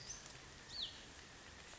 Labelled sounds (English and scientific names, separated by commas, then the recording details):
Hutton's Vireo (Vireo huttoni)
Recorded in Sonoma County, California